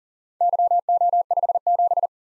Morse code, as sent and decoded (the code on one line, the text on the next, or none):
-.-- --- ..... --...
YO57